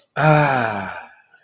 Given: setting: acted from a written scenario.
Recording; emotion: vocal sound without words; ecstasy